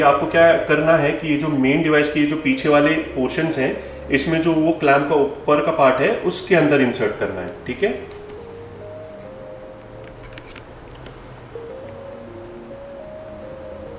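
A motorcycle helmet intercom unit has its plastic back portion slid into the loop/slot of its helmet clamp mount. Someone talks over music, then after a count, two short sharp clicks at 10.4 s and 10.6 s are heard as the unit locks onto the mount, with music continuing softly.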